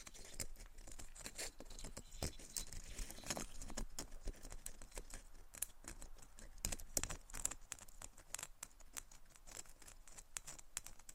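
Quick tapping and scratching on a hard surface, a dense stream of crisp clicks and light strikes that rarely pauses. The taps come irregularly, several per second, some sharper and brighter than others, over a soft hiss that runs under the whole eleven seconds.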